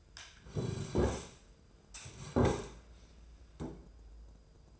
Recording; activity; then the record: daily activity, microphone in the room; sit down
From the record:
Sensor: 2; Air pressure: 995.9 hPa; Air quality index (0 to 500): 241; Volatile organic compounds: 1000 ppm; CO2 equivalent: 5926 ppm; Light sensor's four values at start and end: 25/61/27/30 and 27/65/28/32